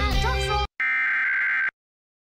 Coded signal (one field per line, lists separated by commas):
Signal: Emergency Alert System (SAME) tones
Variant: header bursts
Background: speech